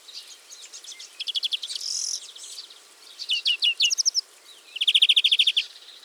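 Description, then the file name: European greenfinch calling, a run of quick chattering trills and twitters, ending in a bright, even rapid trill. "Chloris chloris"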